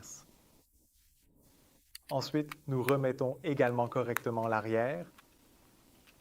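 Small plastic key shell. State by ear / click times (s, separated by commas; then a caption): not seated / none. The rear half of a plastic Suzuki smart-key shell is put back onto the front half of the car key. After a quiet stretch there is a brief sharp sound at about 2.0 s, and then someone talks from about 2.1 s to 5.0 s. The two halves have not yet clipped together, and nothing has seated by the end of the clip.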